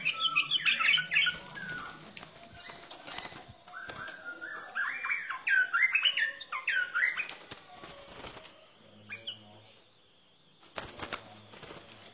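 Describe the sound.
Bird song of quick slurred whistles and twitters, mixed with loud clattering and flapping noises that break in repeatedly.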